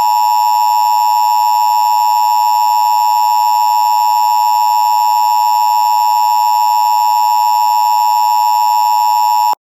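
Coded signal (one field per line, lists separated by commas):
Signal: Emergency Alert System (SAME) tones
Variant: 853 and 960 Hz attention tone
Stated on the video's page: Recreated tornado emergency EAS alert for Marshall County area, fictional 2026 scenario.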